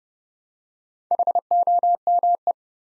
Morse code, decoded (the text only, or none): HOME